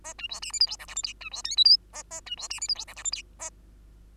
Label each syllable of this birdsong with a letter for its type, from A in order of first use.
A B C D E F G H I J K B C L M N A A B C D E F G H I J K A